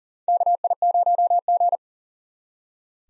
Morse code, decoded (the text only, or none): KI0G